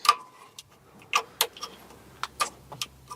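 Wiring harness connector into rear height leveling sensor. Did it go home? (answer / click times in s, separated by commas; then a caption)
no / none. A wiring harness connector is pushed onto the rear height leveling sensor of a Maserati (Levante, Ghibli, Quattroporte), producing a series of short, sharp plastic ticks and taps over quiet background noise. A metal plate at the bottom is blocking it, so the connector has not seated or clicked yet, and the plate is to be bent with small vice grips.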